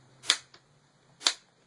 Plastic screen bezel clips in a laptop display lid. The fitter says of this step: and you're going to hear some snapping that's